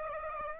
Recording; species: mosquito wingbeat signal from an infrared sensor; Aedes aegypti